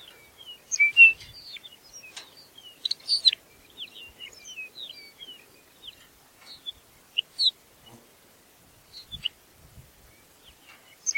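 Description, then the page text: Lapland longspur calls: a busy scatter of short high ticks and whistled notes, with brief dry clicks between. "Ryan P. O'Donnell - Лапландский подорожник (Calcarius lapponicus)"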